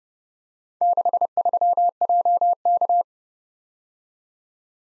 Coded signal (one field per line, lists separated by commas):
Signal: Morse code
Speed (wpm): 28 wpm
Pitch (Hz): 700 Hz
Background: none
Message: 63JK